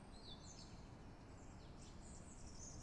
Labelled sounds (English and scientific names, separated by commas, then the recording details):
Song Thrush (Turdus philomelos)
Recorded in Germany
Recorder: ecoPi